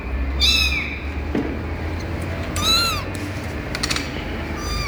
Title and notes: Catalino!!! El gatito de Agricultura. Catalino diciendo sus primeras palabras en la oficina